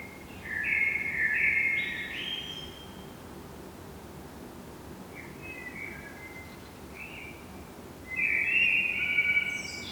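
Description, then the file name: Eurasian blackbird song: a flowing fluty phrase, a few faint scattered notes, then another warble with a thin high ending. "Turdus merula"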